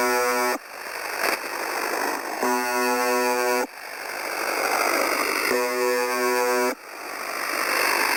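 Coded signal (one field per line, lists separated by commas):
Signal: channel marker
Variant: UVB-76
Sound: harsh low buzz about a second long, repeating three times, separated by hissing static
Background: radio static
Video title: 4625.00 Khz - UVB 76 - MDZhb - Strange Sound - Sonido Extraño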